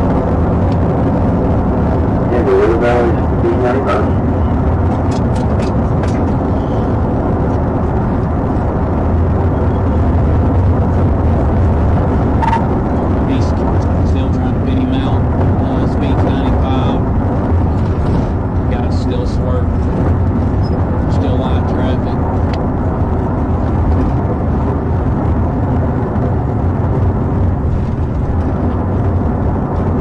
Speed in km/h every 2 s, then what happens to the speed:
166, 164, 163, 163, 163, 163, 159, 158, 155, 151, 151, 145, 140, 135, 135.
0-11 steady at about 163. 11-30 slows to 135.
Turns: none.